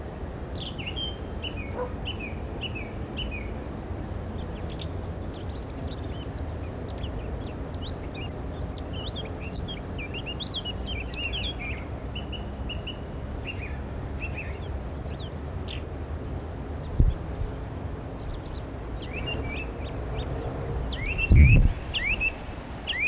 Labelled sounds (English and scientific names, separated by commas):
Eurasian Blackcap (Sylvia atricapilla) song